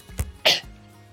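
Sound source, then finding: Adult man. Cough.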